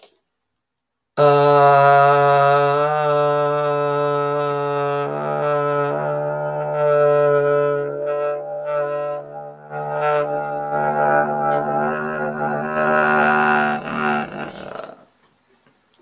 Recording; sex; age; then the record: vowel held as long as possible; female; 30 to 39 years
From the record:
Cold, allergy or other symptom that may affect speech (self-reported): no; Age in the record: 33 years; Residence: Virginia, United States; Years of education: 16